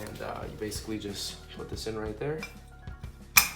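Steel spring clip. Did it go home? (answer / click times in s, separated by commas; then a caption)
yes / 3.4 s. Someone talks while the retaining spring on the inside of a clutch release fork is pushed onto the pivot ball in the transmission bellhousing of an AWD CRX during a Yonaka Stage 3 clutch install. A single sharp metallic click at 3.4 s marks the spring clip popping into place, seated on the pivot ball.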